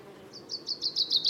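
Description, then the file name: Common chaffinch phrase of about seven sharp, downslurred notes repeated rapidly and growing louder towards the end. "Fringilla coelebs"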